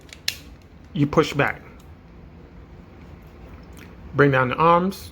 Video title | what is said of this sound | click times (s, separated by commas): Transformers WFC Earthrise Snapdragon | they lock into place and then | 0.3 s